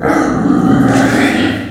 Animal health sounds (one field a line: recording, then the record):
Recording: squeal of a Yucatan mini pig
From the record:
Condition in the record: after surgery on the right vocal fold (resection and tissue-engineered implant)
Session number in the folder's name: 4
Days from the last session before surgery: 26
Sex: female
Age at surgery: 19 weeks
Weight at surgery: 25 kg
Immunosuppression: prednisolone